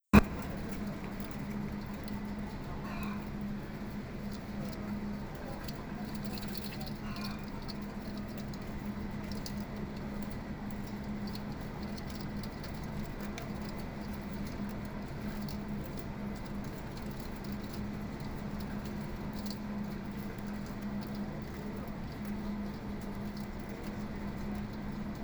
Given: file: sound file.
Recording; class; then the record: poultry; drinking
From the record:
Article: Edge intelligence for poultry welfare: Utilizing tiny machine learning neural network processors for vocalization analysis